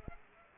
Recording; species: mosquito wingbeat signal from an infrared sensor; Aedes aegypti